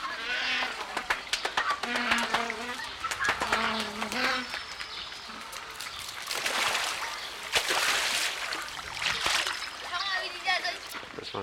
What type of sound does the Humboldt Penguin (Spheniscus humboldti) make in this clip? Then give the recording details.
wing sound. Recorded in captivity. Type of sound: call, wing sound. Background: Eudyptes chrysocome. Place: Zoo Berlin, Berlin, DE. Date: 1995-03-04 12:06. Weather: heiter bis wolkig, 1 - 5 °C. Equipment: Marantz CP 130, Sennheiser ME 80, Kopie Uher Variocord 263. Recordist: Tembrock, Günter. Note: Angriff mit Lauten und Flügelschlagen - Jagen. Dann im Wasser. Wieder Felsenpinguin. Dann Rufreihen (4 Exemplare). Einmal sehr gut. Entfernung: 50 cm